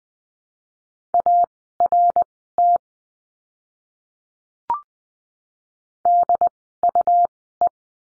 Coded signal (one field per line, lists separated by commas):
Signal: Morse code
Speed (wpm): 20 wpm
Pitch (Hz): 700 Hz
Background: none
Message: ART DUE